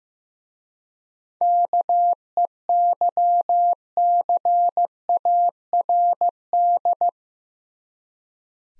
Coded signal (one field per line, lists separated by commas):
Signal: Morse code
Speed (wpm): 15 wpm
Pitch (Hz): 700 Hz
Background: none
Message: KEYCARD